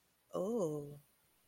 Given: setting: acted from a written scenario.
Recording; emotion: vocal sound without words; desire